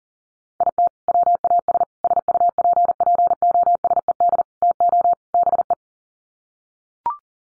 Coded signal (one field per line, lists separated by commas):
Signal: Morse code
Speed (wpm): 37 wpm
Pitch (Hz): 700 Hz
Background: none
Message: IT WAS SUPPOSED TO BE